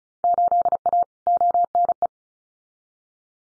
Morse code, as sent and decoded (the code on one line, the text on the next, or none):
---.. .- / --- -. .
8A ONE